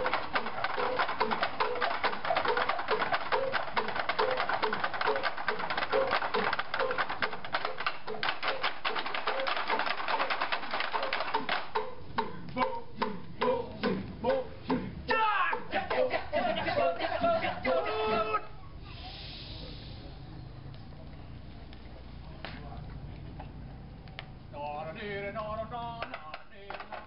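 A massed male Kecak chorus chatters rapid, interlocking 'cak' syllables, thinning after twelve seconds into sliding shouts, then a softer lone sung voice.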